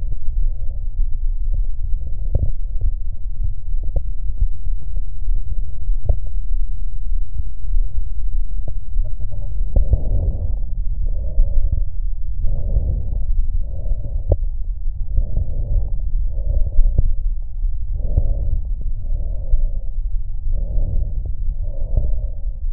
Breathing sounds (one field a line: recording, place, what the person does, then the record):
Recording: lung sounds by stethoscope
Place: right posterior apical chest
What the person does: quiet breathing, then deep breathing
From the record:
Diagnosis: interstitial lung disease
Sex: female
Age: 70 years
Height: 160 cm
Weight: 93 kg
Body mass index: 36.3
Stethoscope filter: extended mode